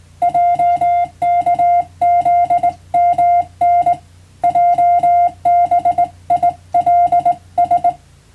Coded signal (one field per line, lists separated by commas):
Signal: Morse code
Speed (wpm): 20 wpm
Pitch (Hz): 700 Hz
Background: music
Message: JKZMN JBILS